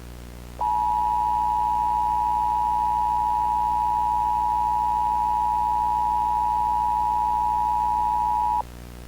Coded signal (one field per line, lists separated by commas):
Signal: Emergency Alert System (SAME) tones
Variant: 853 and 960 Hz attention tone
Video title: (1.38K SPECIAL) EAS Scenario: WW3 (collaboration with @WindowsEASproductions )